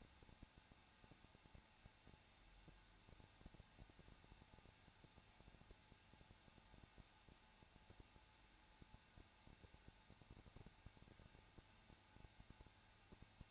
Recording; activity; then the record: daily activity, microphone in the room; no activity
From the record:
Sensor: 2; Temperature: 21.0 degrees Celsius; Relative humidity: 34.2%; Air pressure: 994.4 hPa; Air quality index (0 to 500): 172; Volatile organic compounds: 3 ppm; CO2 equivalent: 1337 ppm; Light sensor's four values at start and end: 2/3/2/2 and 2/3/2/2